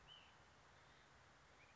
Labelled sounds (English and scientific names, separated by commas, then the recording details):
Ash-throated Flycatcher (Myiarchus cinerascens)
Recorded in Sonoma County, California